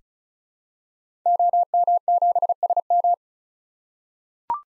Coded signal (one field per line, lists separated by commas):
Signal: Morse code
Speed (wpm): 35 wpm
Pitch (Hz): 700 Hz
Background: none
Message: OM7SM